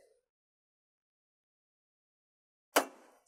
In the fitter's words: uh you're just literally going to line this up slide it in and you'll see this will click into place